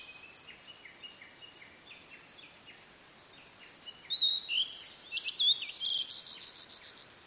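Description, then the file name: Blue-and-white flycatcher song rising out of a faint background twitter into loud clear whistles and a burst of harsh buzzy notes near the end. "oruri"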